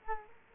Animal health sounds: mosquito wingbeat signal from an infrared sensor; Culex quinquefasciatus

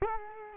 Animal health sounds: mosquito wingbeat signal from an infrared sensor; Culex quinquefasciatus

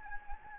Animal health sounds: mosquito wingbeat signal from an infrared sensor; Anopheles gambiae

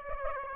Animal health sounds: mosquito wingbeat signal from an infrared sensor; Aedes aegypti

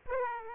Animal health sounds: mosquito wingbeat signal from an infrared sensor; Aedes aegypti

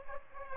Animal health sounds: mosquito wingbeat signal from an infrared sensor; Aedes aegypti

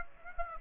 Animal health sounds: mosquito wingbeat signal from an infrared sensor; Aedes aegypti

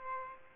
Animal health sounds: mosquito wingbeat signal from an infrared sensor; Aedes aegypti

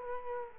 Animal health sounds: mosquito wingbeat signal from an infrared sensor; Culex quinquefasciatus

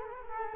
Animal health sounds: mosquito wingbeat signal from an infrared sensor; Culex quinquefasciatus

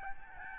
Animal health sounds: mosquito wingbeat signal from an infrared sensor; Aedes albopictus

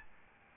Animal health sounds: mosquito wingbeat signal from an infrared sensor; Aedes albopictus

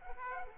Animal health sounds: mosquito wingbeat signal from an infrared sensor; Aedes aegypti

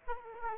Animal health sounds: mosquito wingbeat signal from an infrared sensor; Aedes aegypti

